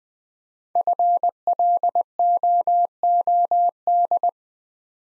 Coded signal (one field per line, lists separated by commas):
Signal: Morse code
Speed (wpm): 20 wpm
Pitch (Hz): 700 Hz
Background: none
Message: FLOOD